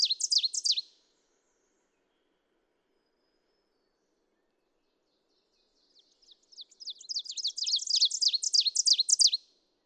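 Ovenbird singing: the loud tail of one song, a long pause, then a new song of repeated two-note phrases that builds from soft to loud.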